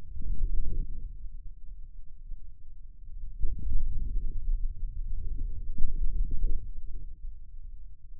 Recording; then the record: forearm muscle sounds (acoustic myography)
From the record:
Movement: hand opening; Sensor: system 2, bracelet of six BSWA MPA416 microphones around the upper forearm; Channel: 6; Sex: male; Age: 22 years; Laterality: right